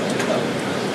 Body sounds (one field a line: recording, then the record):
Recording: background sound without coughing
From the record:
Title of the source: Office Sounds Ambience - Background Noise for Study and Work